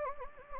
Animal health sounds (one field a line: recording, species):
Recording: mosquito wingbeat signal from an infrared sensor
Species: Anopheles gambiae